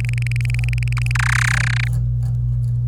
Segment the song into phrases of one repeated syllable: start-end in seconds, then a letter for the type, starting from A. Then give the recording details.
0.00-1.11 A, 1.15-1.88 B. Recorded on 26 April 2018 at 10:22. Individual llb3